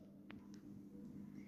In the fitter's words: ఈ locking system ఇక్కడ ఇక్కడ ఉంది సో దట్ ఇక్కడ లాక్ అయిపోతుంది.